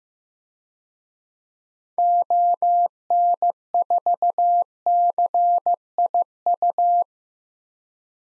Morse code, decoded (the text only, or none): ON4CIU